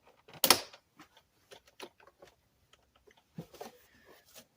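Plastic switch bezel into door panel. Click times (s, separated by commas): 0.4 s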